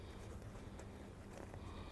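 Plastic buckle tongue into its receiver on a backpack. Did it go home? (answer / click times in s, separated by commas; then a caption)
no / none. A plastic buckle tongue on a backpack is handled near its receiver, with faint low rustling and a soft brief tick around 1.5 s against steady background noise. Nothing has seated or clicked home yet; no one talks.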